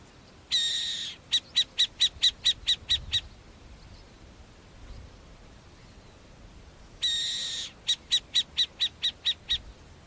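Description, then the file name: Masked owl giving a short harsh hissing screech, followed by a quick series of about nine sharp, clipped notes; the pattern then repeats. "O canto da Coruja Mascarada"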